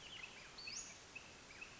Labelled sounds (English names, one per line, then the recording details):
Western Flycatcher
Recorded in Sonoma County, California